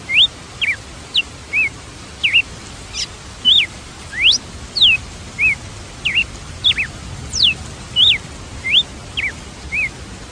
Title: Galo de Campina